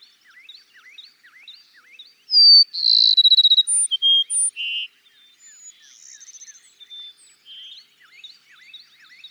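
Cassin's sparrow song: a whistle, a pulsed buzzy trill and short varied notes, with quick dipping chirps repeating quietly throughout.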